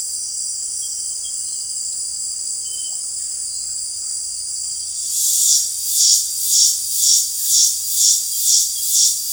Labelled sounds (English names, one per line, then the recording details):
none
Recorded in secondary vegetation near Puerto Asís, Putumayo, Colombia, on 19 March 2025 at 18:00
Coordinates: 0.499, -76.323
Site G094